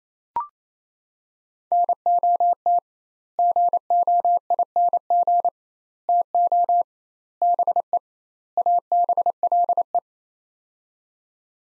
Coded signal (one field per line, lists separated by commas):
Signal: Morse code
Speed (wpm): 27 wpm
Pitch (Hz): 700 Hz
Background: none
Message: NOT GOING TO BE ABLE